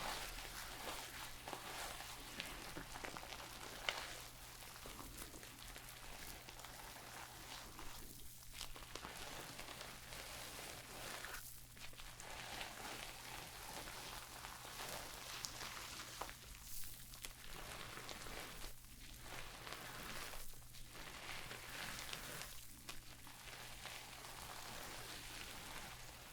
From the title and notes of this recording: ASMR Relaxing Shampoo and Hair brushing for your insomnia ｜NO TALKING.